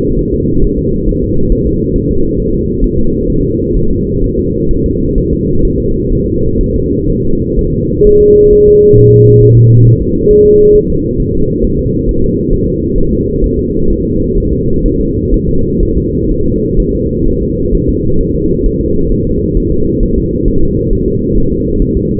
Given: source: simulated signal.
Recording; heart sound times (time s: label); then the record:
fetal heart sounds
0.19 s: S1
0.34 s: S2
0.64 s: S1
0.79 s: S2
1.09 s: S1
1.24 s: S2
1.52 s: S1
1.67 s: S2
1.96 s: S1
2.11 s: S2
2.40 s: S1
2.54 s: S2
2.84 s: S1
2.99 s: S2
3.30 s: S1
3.45 s: S2
3.77 s: S1
3.91 s: S2
4.24 s: S1
4.39 s: S2
4.71 s: S1
4.86 s: S2
5.18 s: S1
5.33 s: S2
5.65 s: S1
5.80 s: S2
6.12 s: S1
6.27 s: S2
6.61 s: S1
6.76 s: S2
7.10 s: S1
7.25 s: S2
7.59 s: S1
7.73 s: S2
8.07 s: S1
8.22 s: S2
8.53 s: S1
8.68 s: S2
8.98 s: S1
9.13 s: S2
9.43 s: S1
9.57 s: S2
9.87 s: S1
10.01 s: S2
10.31 s: S1
10.46 s: S2
10.75 s: S1
10.90 s: S2
11.20 s: S1
11.35 s: S2
11.64 s: S1
11.79 s: S2
12.09 s: S1
12.24 s: S2
12.53 s: S1
12.68 s: S2
12.98 s: S1
13.13 s: S2
13.44 s: S1
13.59 s: S2
13.91 s: S1
14.05 s: S2
14.38 s: S1
14.53 s: S2
14.86 s: S1
15.00 s: S2
15.34 s: S1
15.49 s: S2
15.83 s: S1
15.97 s: S2
16.31 s: S1
16.46 s: S2
16.80 s: S1
16.95 s: S2
17.28 s: S1
17.42 s: S2
17.74 s: S1
17.89 s: S2
18.21 s: S1
18.35 s: S2
18.66 s: S1
18.81 s: S2
19.12 s: S1
19.27 s: S2
19.57 s: S1
19.72 s: S2
20.03 s: S1
20.18 s: S2
20.48 s: S1
20.63 s: S2
20.93 s: S1
21.08 s: S2
21.38 s: S1
21.53 s: S2
21.82 s: S1
21.97 s: S2
From the record:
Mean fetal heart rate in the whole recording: 130 bpm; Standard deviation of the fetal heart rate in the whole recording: 4 bpm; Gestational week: 38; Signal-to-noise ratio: -16.4 dB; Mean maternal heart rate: 72 bpm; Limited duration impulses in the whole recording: present